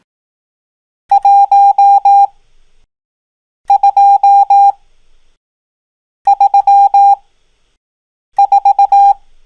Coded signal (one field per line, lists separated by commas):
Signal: Morse code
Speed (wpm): 18 wpm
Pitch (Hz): 800 Hz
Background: none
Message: 1 2 3 4